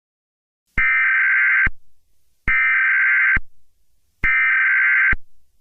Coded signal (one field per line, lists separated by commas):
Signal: Emergency Alert System (SAME) tones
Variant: header bursts